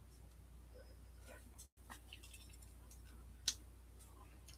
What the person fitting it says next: There we go. We're snapped into place.